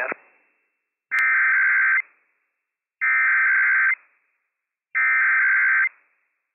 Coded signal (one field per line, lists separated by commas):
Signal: Emergency Alert System (SAME) tones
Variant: header bursts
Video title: The Washington State EOC RWT Interrupts the ID - WWF56 - EAS #276 - 11:01 AM PDT 10/4/22